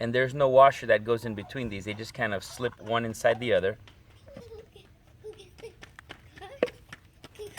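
Two components of a pool pump motor assembly, lined up by a notch marked "top," are slipped one inside the other with no washer between them while someone talks. After the talking stops, only quiet handling and a few small taps are heard, the sharpest near 6.6 s. The part has not snapped or seated yet by the end of the clip.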